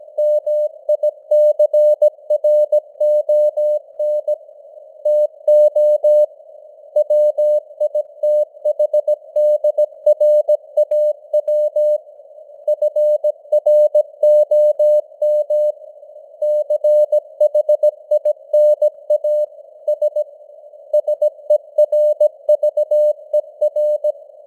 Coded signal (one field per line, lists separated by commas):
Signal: Morse code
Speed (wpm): 17 wpm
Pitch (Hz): 600 Hz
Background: none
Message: MICRON TO WITHDRAW FROM CHINA S SERVER